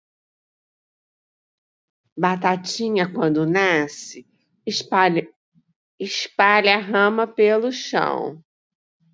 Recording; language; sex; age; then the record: short text; Brazilian Portuguese; female; 60 to 69 years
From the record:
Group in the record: control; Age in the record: 64 years